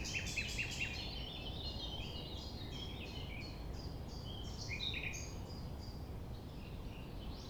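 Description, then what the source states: Common nightingale song: a run of rapid notes followed by varied phrases, over a constant low background rumble. Sung at sunrise, 6 a.m., near the Thève river at Champ de Ménage; the nightingale sings without waiting for silence.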